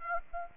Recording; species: mosquito wingbeat signal from an infrared sensor; Aedes aegypti